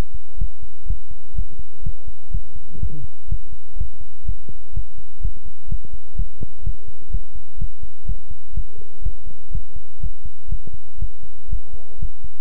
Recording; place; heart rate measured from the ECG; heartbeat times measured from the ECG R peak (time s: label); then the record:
heart sounds by stethoscope; between the tricuspid and mitral areas; 124 bpm
0.37 s: heartbeat
0.86 s: heartbeat
1.34 s: heartbeat
1.82 s: heartbeat
2.30 s: heartbeat
2.78 s: heartbeat
3.27 s: heartbeat
3.76 s: heartbeat
4.24 s: heartbeat
4.72 s: heartbeat
5.20 s: heartbeat
5.67 s: heartbeat
6.15 s: heartbeat
6.62 s: heartbeat
7.10 s: heartbeat
7.57 s: heartbeat
8.05 s: heartbeat
8.53 s: heartbeat
9.01 s: heartbeat
9.50 s: heartbeat
9.99 s: heartbeat
10.48 s: heartbeat
10.98 s: heartbeat
11.48 s: heartbeat
11.98 s: heartbeat
From the record:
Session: pedaling a stationary bicycle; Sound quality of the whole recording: good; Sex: male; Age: 24 years